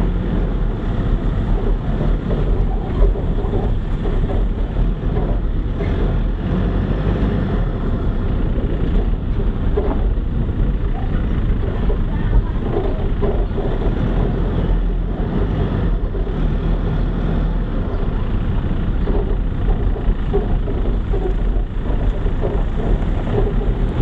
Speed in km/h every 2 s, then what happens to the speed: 15, 15, 17, 17, 15, 11, 13, 15, 14, 10, 11, 12.
0-7 steady at about 15. 7-10 slows to 11. 10-24 steady at about 12.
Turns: none.